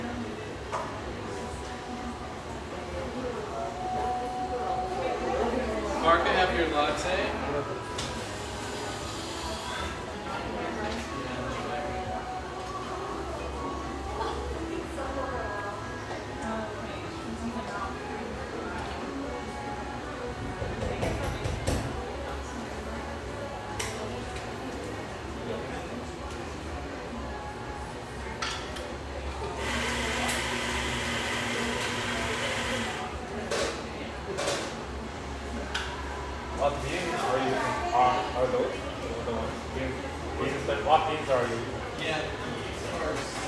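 A café murmurs with steady, overlapping chatter from many voices, dense and unbroken for the whole stretch. A low rumble runs underneath, and brief bursts of brighter hissing noise stand out around 8 seconds and again near 30 seconds, with occasional clinks scattered throughout.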